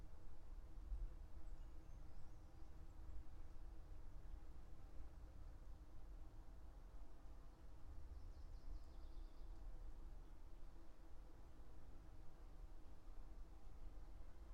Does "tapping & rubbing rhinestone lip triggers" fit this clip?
no